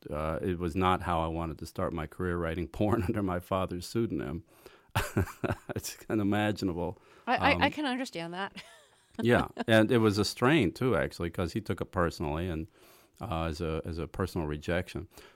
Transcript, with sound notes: It was not how I wanted to start my career - writing porn under my father's pseudonym (laughter). It's unimaginable.
I can understand that (laughter)
Yeah, and it was a strain, too, actually because he took it personally and - as a personal rejection.